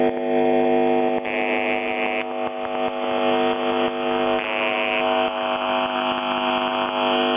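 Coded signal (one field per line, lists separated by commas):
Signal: channel marker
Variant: UVB-76 (The Buzzer)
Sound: harsh, low, rasping buzz lasting the whole clip, with brief changes between buzz segments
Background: radio static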